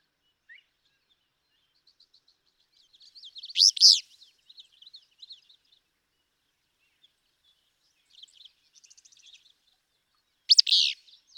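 Willow flycatcher song: two sharp, buzzy, sneezy bursts about seven seconds apart, with soft high twittering between them.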